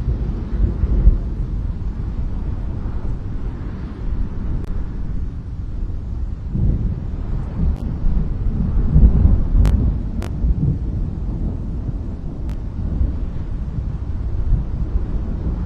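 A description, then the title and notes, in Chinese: Thunder rumbles through deep mountains, a heavy low roll that swells and fades across the whole stretch, loudest around the middle. Wind buffets the microphone throughout, and a few sharp clicks or snaps cut in briefly near the tenth and twelfth seconds. 深山雷声。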